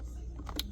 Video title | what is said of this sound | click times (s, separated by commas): Bambu Lab AMS Lite Cable Extension step by step Instructions | all right Clicks in there | 0.6 s